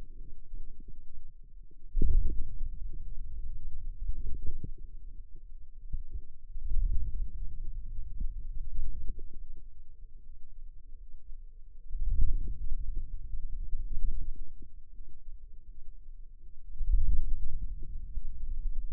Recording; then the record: forearm muscle sounds (acoustic myography)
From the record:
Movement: wrist extension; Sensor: system 2, bracelet of six BSWA MPA416 microphones around the upper forearm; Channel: 5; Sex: female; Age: 23 years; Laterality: right